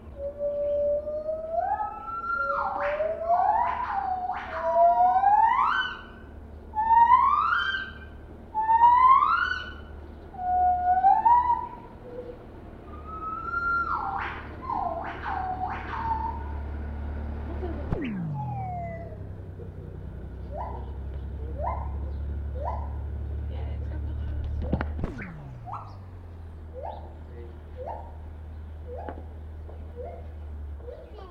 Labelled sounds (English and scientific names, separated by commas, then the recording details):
Lar Gibbon (Hylobates lar)
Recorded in captivity
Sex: female
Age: adult
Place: Tierpark Berlin, Berlin, DE
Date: 1967-12-09
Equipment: R 20/1, Sennheiser MD 421
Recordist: Tembrock, Günter